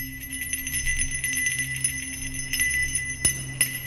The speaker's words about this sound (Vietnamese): lấy thêm một thứ gì đó trong túi quần, là một chiếc chuông nhỏ bằng đồng. Giơ cao cái chuông rung lên.